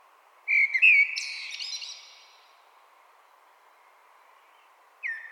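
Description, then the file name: Common blackbird giving one mellow whistled phrase ending in a thin, high scratchy flourish, then a long pause before another phrase starts. "Turdus merula"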